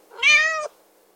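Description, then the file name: Cat meow, a single clear, steady, tonal cry about half a second long that ends abruptly. "macka"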